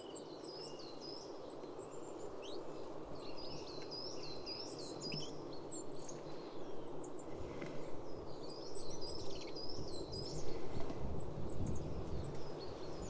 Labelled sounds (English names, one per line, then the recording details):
Goldcrest call
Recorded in the wild
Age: adult
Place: Schönow, Naturpark Barnim, Brandenburg, DE
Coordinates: 52.6906, 13.5392
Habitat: pine forest
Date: 2005-03-28
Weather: fair, ca. 0°C, moderate winds
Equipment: Tascam DA-P1, Telinga Pro 5
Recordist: Frommolt, Karl-Heinz